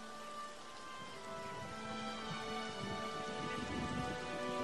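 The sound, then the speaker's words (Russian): Steady rain begins pouring down at a graveside in a dense, hissing wash that holds at an even volume throughout, with a low rumble underneath and faint sustained tones threaded through it. No voices. “Марти одна сидит возле могилы мужа, начинает идти дождь.”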